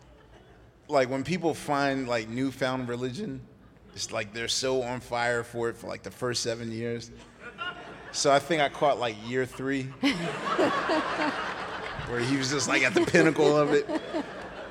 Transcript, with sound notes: Like, when people find, like, newfound religion, it's like they're so on fire for it for, like, the first seven years. So I think I caught, like, year three...
(LAUGHTER)
...Where he was just, like, at the pinnacle of it.